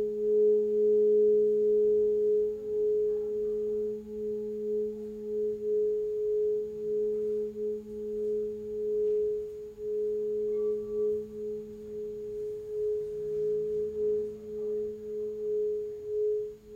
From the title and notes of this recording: Crystal Singing Bowl Sound Bath. The soothing sound of Crystal Tones Alchemy Crystal Singing Bowls.